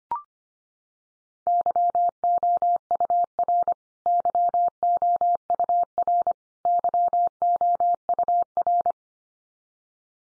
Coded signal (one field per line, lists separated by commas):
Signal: Morse code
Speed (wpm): 25 wpm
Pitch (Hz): 700 Hz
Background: none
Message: YOUR YOUR YOUR